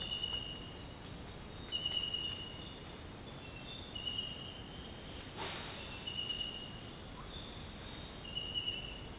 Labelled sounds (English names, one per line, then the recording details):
none
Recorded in dense forest near Puerto Asís, Putumayo, Colombia, on 9 March 2025 at 06:30
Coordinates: 0.486, -76.317
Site G053